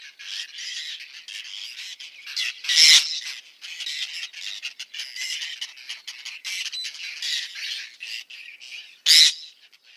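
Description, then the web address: Whiskered tern: a steady wash of scratchy calls broken by two loud, grating squawks, the first early on and the second near the end. "Schulze Peter Whiskered Tern"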